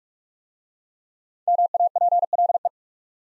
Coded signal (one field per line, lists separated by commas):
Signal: Morse code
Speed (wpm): 44 wpm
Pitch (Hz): 700 Hz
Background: none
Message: MAPLE